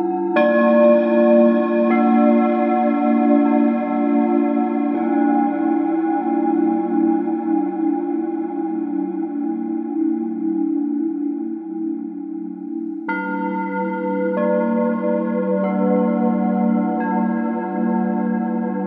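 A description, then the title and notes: Crystal bowls ring in sustained, overlapping tones over a steady low hum, with new strikes near the start and around thirteen seconds. Processing an improvisation played on eight crystal bowls with a wooden beater (for my sound library Panopticon for Avenger) with a custom preset in Breeze 2 reverb by 2CAudio.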